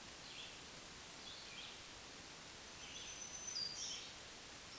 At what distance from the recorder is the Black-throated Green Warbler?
about 35 m